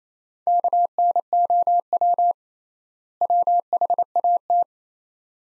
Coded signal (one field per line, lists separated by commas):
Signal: Morse code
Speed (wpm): 28 wpm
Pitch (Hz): 700 Hz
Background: none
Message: KNOW WHAT